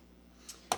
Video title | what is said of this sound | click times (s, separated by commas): DadsTalkTECH - Episode 13 – Beating the Lock-in Blues | when you install it you'll hear it click like that and | 0.7 s